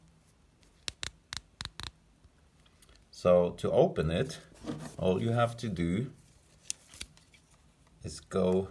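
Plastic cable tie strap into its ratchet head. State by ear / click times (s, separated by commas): seated / 0.9 s, 1.0 s, 1.4 s, 1.6 s, 1.8 s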